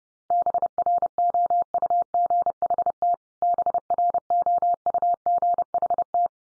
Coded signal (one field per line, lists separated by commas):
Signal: Morse code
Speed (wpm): 30 wpm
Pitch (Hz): 700 Hz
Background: none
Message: BROUGHT BROUGHT